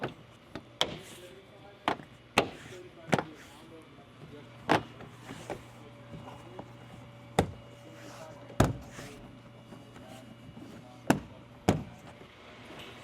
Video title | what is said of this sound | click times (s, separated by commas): Install: B2 Flex (Driver Side) | Now, you can see I kind of just hit the door panel all around to make sure that everything was all clipped in. You'll feel them pop into place. | 0.8 s, 2.4 s, 3.1 s, 4.7 s, 7.4 s, 11.1 s